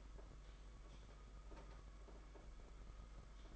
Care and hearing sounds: daily activity, microphone in the room; typing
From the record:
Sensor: 5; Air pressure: 991.9 hPa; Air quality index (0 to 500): 164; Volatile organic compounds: 377 ppm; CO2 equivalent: 4632 ppm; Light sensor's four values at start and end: 31/108/40/42 and 31/108/40/42

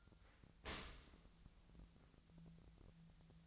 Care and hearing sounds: daily activity, microphone in the room; open dishwasher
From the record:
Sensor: 3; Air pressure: 1003.1 hPa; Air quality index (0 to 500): 199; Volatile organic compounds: 6 ppm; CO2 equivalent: 1942 ppm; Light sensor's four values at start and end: 34/85/37/40 and 35/86/37/40

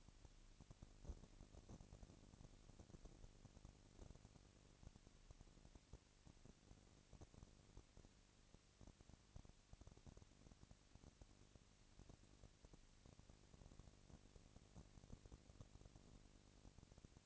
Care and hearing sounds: daily activity, microphone in the room; no activity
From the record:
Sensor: 4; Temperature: 22.3 degrees Celsius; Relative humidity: 31.9%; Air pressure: 997.9 hPa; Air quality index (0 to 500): 203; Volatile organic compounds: 17 ppm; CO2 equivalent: 2572 ppm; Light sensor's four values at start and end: 2/3/1/1 and 2/3/1/1

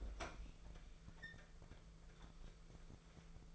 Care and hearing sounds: daily activity, microphone in the room; open fridge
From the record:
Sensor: 5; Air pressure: 1015.0 hPa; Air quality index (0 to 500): 176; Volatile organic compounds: 6 ppm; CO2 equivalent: 1934 ppm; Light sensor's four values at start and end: 52/122/51/54 and 55/127/53/57

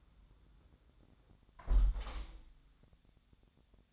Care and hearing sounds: daily activity, microphone in the room; close window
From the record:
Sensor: 3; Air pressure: 1000.4 hPa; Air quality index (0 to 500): 134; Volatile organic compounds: 2 ppm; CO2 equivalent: 1171 ppm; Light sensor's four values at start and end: 14/37/15/16 and 13/36/14/16

